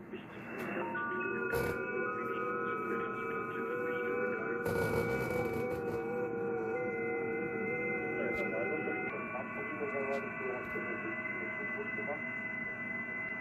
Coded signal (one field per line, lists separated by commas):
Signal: FT8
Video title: FT8 Aktivities on 14 MHZ with homemade rot. Dipole